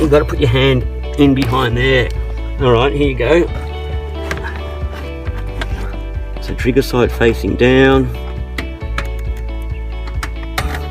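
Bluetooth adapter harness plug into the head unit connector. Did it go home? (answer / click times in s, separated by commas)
yes / 10.6 s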